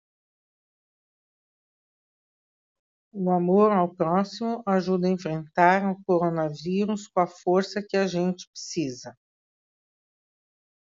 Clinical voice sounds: spoken sentence; Brazilian Portuguese; female; 60 to 69 years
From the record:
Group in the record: control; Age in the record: 68 years

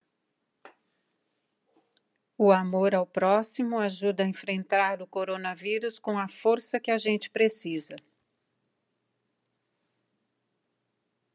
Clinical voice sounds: spoken sentence; Brazilian Portuguese; female; 60 to 69 years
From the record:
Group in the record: control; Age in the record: 69 years

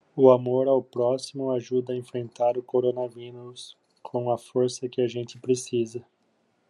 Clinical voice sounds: spoken sentence; Brazilian Portuguese; male; 40 to 49 years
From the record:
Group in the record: control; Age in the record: 46 years

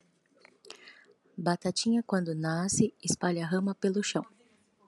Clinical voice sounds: short text; Brazilian Portuguese; female; 30 to 39 years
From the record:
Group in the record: control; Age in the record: 39 years

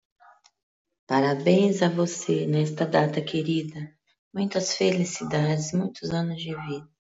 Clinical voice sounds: short text; Brazilian Portuguese; female; 50 to 59 years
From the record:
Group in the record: control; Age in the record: 56 years

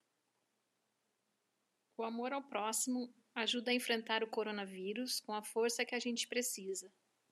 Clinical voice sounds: spoken sentence; Brazilian Portuguese; female; 50 to 59 years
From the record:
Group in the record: control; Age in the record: 52 years

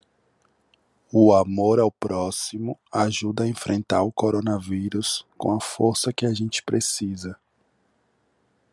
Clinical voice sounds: spoken sentence; Brazilian Portuguese; male; 20 to 29 years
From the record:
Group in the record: control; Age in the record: 28 years

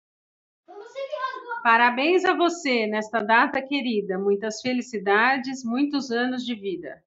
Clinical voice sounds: short text; Brazilian Portuguese; female; 40 to 49 years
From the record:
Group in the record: control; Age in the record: 45 years

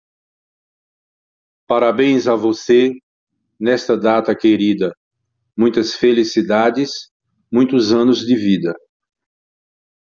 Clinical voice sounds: short text; Brazilian Portuguese; male; 60 to 69 years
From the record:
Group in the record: control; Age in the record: 67 years

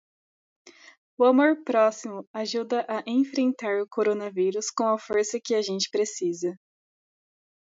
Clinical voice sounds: spoken sentence; Brazilian Portuguese; female; 20 to 29 years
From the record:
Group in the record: control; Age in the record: 23 years

